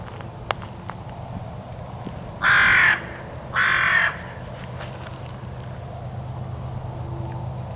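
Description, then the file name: Carrion crow giving two hoarse, drawn-out caws about a second apart over a steady low rumble of background noise. "Corvus corone"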